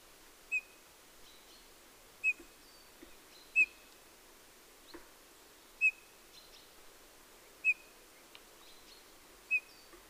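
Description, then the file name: Eurasian bullfinch uttering single soft, plaintive whistled notes roughly every one and a half to two seconds. "Pyrrhula pyrrhula"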